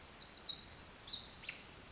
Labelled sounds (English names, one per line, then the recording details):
Pacific Wren
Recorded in Sonoma County, California